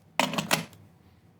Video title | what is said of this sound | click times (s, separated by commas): Manfrotto Move Quick Release System Review | it snaps into place fully in there | 0.2 s